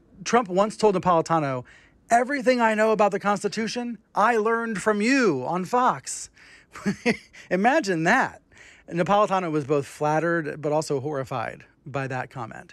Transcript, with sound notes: Trump once told Napolitano, everything I know about the Constitution I learned from you on Fox (laughter). Imagine that. Napolitano was both flattered but also horrified by that comment.